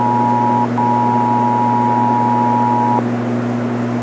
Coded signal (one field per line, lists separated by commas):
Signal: Emergency Alert System (SAME) tones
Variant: 853 and 960 Hz attention tone